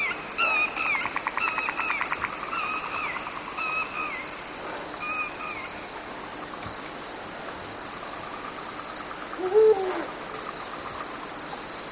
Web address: eurasian eagle-owl